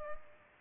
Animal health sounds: mosquito wingbeat signal from an infrared sensor; Culex pipiens

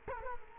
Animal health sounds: mosquito wingbeat signal from an infrared sensor; Culex quinquefasciatus

